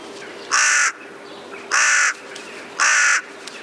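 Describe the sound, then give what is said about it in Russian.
A hooded crow caws three times, evenly spaced, each call a harsh, nasal, mid-to-high pitched note lasting under half a second, standing out loudly over a faint background hiss. “Ворона каркает вот так.”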